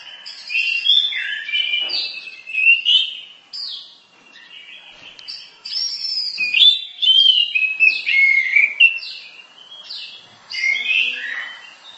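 Bird song: dense, high warbling with sharp whistled slurs, continuing steadily with only slight dips in loudness.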